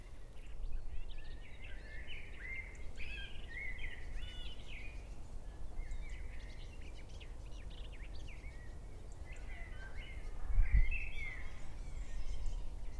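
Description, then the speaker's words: Common Blackbird song, mellow warbled phrases among a busy chorus of other songbirds, with soft wind noise throughout and a brief low thump near the end. Singing in Sussex Weald woodland on a May 2021 walk in fine weather, with many birds in full song. "So listen to that blackbird stuff now."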